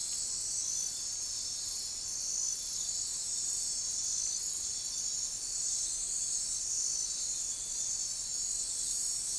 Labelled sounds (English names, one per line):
none